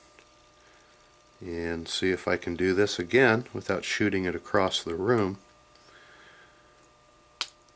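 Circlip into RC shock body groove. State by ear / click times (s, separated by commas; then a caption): seated / 7.4 s. A metal circlip is pressed back into its groove in an HPI Baja RC shock body to retain the Threshold umbrella seal. Someone talks from about 1.4 to 5.4 s, then after a quiet pause a single sharp, bright click at 7.4 s marks the circlip snapping into the groove, confirmed seated.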